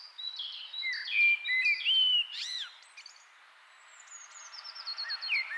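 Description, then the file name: Common blackbird singing: one clear fluted phrase with a squeaky, rising and falling flourish, followed by softer high twittering. "Turdus merula"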